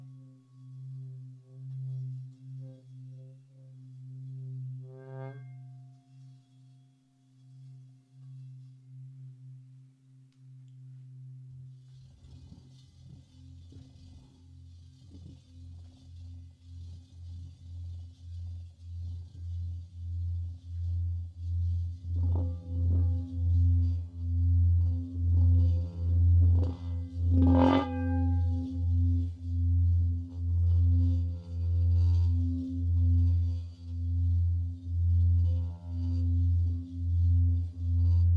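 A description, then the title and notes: A Himalayan singing bowl hums with a steady, pulsing low drone that wavers in slow beats. Around twelve seconds the tone shifts deeper and swells louder, with rubbing scrapes and a bright ringing strike near twenty-seven seconds as the throbbing hum builds toward the end. A Himalayan Bowl Meditation.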